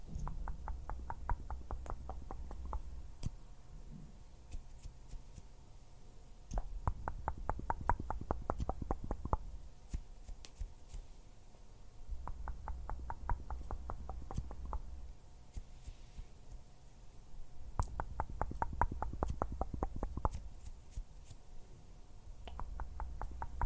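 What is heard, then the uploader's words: Fingers flutter in quick bursts of soft tapping, each run lasting a few seconds and returning about every five to six seconds. Between bursts come quieter gaps with a low hum and occasional small clicks and mouth-like sounds. Hand sounds, finger fluttering, mouth sounds.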